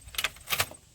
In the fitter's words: and that pops that one out you can pull this out hit twist now